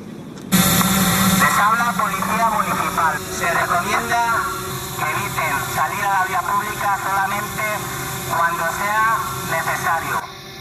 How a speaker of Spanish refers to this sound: Son los drones con los que la Policía Municipal de insta a los vecinos a quedarse en casa. Por megafonía han recordado que no hay que salir a la calle si no es estrictamente necesario.